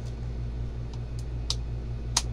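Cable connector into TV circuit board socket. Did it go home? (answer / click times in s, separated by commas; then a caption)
yes / 1.5 s, 2.2 s. During a repair on a TCL TV with an EO error and a replaced regulator IC, a cable connector is pushed back into its circuit board socket over a steady low hum with faint ticks near 0.9 and 1.2 seconds. Two loud sharp clicks at 1.5 and 2.2 seconds show the connector seating. It had not clicked in before, and now the TV powers on.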